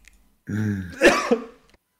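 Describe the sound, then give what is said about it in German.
A rough, voiced throat clearing runs into two short, harsh coughs, the second weaker than the first. All of it is loud and there is no talking. “Oh Ja, krieg ich direkt hier die Husterei.”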